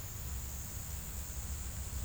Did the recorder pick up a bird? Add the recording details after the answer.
no. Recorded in pastures near Puerto Asís, Putumayo, Colombia, on 20 December 2024 at 12:00. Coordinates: 0.472, -76.329. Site G072